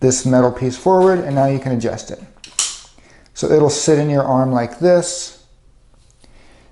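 Someone talks while a metal iPad holder mounting bracket is set into the Omni control arm of a Permobil Corpus Seating power wheelchair. The bracket snaps sharply into the arm at 2.6 s and is seated.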